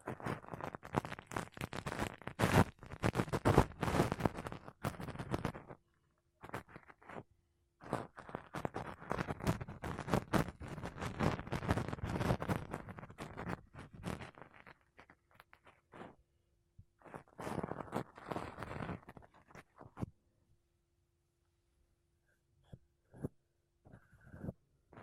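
Makeup brushes and a sponge are rubbed over a mic, making dense, bristly scratching in long bursts from the start to about 6 seconds, 8 to 15, and 17 to 20. Short isolated swipes and taps fill the gaps, and a faint steady hum runs underneath.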